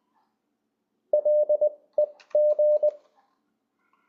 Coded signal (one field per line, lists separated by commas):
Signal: Morse code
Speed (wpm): 20 wpm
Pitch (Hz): 600 Hz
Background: none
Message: LEG